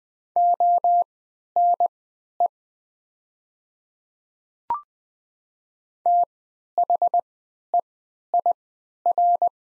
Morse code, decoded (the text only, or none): ONE THEIR